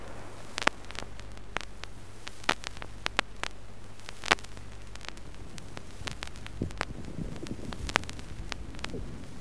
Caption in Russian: Выслушивается на вдохе и выдохе. Шум трения плевры, в отличие от влажных мелкопузырчатых хрипов, не меняется при покашливании.